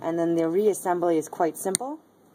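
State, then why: Not seated. Someone talks while reassembling a CLL CH1 dimmer after a fuse replacement, about to slide its circuit board back into the plastic housing over the retaining lips. Nothing has seated or clicked yet by the end of the clip.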